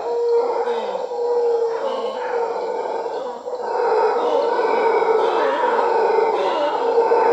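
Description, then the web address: Mantled howler monkey howling, a continuous deep guttural roaring chorus that dips briefly near the middle, then swells back and holds steady to the end. Primate of the South American rainforest. "Natures Songs S America Primates of the Rainforest Mantled howler monkey"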